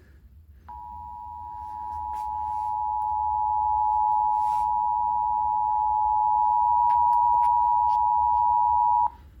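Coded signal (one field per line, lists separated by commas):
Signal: Emergency Alert System (SAME) tones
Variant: 853 and 960 Hz attention tone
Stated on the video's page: Statewide tornado drill relayed on several FM stations and a weather radio station, decoded as a weekly test; some stations slightly delayed.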